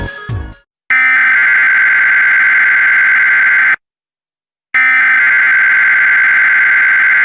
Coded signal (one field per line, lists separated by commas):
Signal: Emergency Alert System (SAME) tones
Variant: header bursts